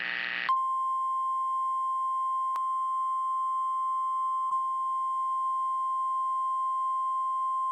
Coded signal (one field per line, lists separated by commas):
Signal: Emergency Alert System (SAME) tones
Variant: 1050 Hz attention tone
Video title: Tornado Warning Louisiana Noaa Weather Radio Station WXK 80 Lafayette LA